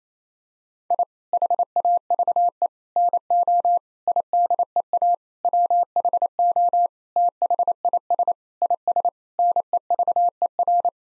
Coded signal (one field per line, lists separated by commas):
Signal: Morse code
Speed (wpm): 28 wpm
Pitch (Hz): 700 Hz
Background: none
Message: I HAVE NO IDEA WHO THIS IS NEVER